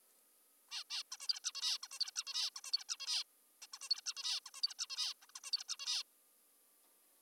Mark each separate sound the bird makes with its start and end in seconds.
0.71-0.84, 0.90-1.03, 1.12-1.17, 1.20-1.28, 1.29-1.40, 1.44-1.52, 1.55-1.78, 1.83-1.88, 1.92-1.99, 2.00-2.11, 2.16-2.24, 2.27-2.50, 2.56-2.61, 2.64-2.72, 2.73-2.84, 2.89-2.97, 3.00-3.24, 3.62-3.67, 3.74-3.78, 3.82-3.89, 3.90-4.01, 4.06-4.14, 4.17-4.40, 4.46-4.50, 4.54-4.62, 4.63-4.74, 4.79-4.86, 4.90-5.14, 5.22-5.26, 5.29-5.32, 5.36-5.40, 5.44-5.51, 5.52-5.64, 5.68-5.76, 5.80-6.03